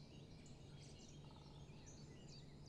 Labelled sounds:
Great Spotted Woodpecker

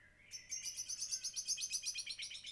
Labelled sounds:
Common Blackbird

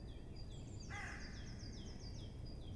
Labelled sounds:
Eurasian Blue Tit

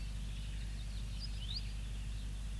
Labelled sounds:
Great Tit

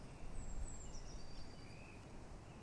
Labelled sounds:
Eurasian Blue Tit

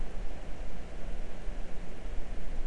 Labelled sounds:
Tawny Owl

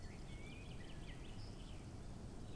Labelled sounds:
Common Chaffinch

